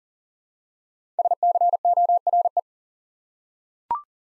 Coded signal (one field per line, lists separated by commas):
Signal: Morse code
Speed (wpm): 39 wpm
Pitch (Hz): 700 Hz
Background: none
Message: SCORE